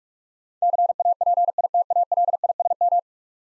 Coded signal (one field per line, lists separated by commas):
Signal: Morse code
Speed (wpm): 41 wpm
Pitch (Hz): 700 Hz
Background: none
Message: CAPITALISM